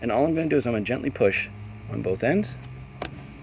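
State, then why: Seated. A wiring connector that was on but not clicked is gently pushed on both ends onto a SEALIGHT S6 LED headlight bulb on a 2008 Toyota Camry LE while someone talks. A sharp click is heard at 3.1 s as the connector snaps into place, fully seated.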